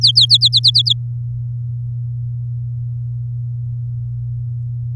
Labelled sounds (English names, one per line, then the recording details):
Domestic Canary song
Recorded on 8 May 2018 at 19:43
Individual llb16